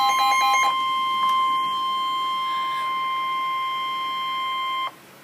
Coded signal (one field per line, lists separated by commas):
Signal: Emergency Alert System (SAME) tones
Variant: 1050 Hz attention tone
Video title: EAS #13: Severe Thunderstorm Warning - June 28 2013 12:47 PM